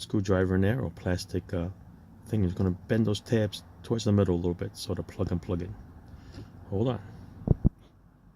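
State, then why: Seated. A man talks while working on a 2012 Jeep Wrangler Sport Unlimited, bending the retaining tabs of a replacement multi-function switch assembly slightly toward the middle with a screwdriver or plastic tool before plugging it in. The switch sat a little high at first, then two sharp plastic clicks at 7.5 s and 7.7 s mark it seating into the steering column housing.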